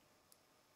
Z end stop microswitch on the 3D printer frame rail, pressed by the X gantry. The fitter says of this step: that on the rail move it up till it clicks just like that